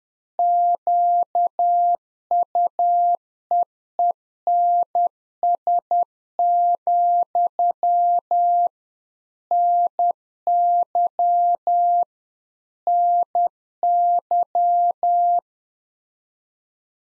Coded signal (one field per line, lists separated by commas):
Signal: Morse code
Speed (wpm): 10 wpm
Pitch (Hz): 700 Hz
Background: none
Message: QUEENS, NY NY